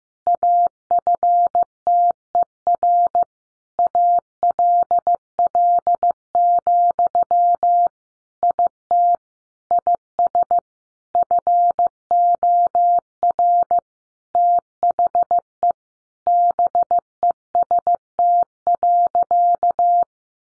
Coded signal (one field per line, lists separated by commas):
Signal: Morse code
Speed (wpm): 15 wpm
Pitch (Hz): 700 Hz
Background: none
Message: AFTER ALL, IT IS FOR THE BEST.